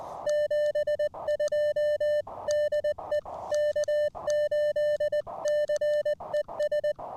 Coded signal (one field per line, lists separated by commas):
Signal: Morse code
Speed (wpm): 20 wpm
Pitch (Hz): 600 Hz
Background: music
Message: 72 DE K8CES